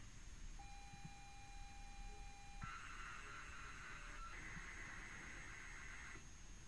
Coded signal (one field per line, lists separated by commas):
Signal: ZX Spectrum tape loading